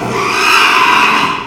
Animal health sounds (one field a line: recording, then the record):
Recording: squeal of a Yucatan mini pig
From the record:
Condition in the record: after surgery on the right vocal fold (resection and tissue-engineered implant)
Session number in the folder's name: 1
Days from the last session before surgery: 6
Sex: male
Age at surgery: 12 weeks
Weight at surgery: 13 kg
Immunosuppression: cyclosporine, prednisolone